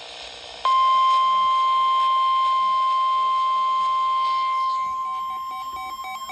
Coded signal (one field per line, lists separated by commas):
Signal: Emergency Alert System (SAME) tones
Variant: 1050 Hz attention tone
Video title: More Alerts: EAS Alerts From 5/6/25 (EAS #4265-4288)